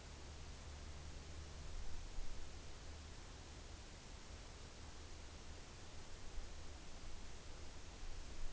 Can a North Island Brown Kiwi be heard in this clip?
no